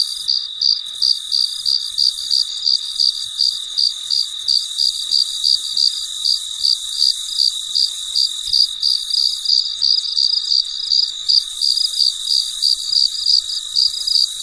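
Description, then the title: Cricket gives a long, regular series of high chirps, about three per second, over a persistent shrill drone. Recorded late at night, very quiet surroundings. "深夜录制蟋蟀昆虫声"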